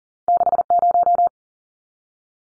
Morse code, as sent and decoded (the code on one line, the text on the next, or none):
-.... -----
60